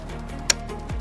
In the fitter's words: locks into place like that